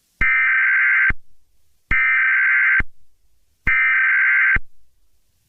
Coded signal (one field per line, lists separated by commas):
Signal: Emergency Alert System (SAME) tones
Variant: header bursts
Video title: EAS Scenario: Irradiated Independence (Part III)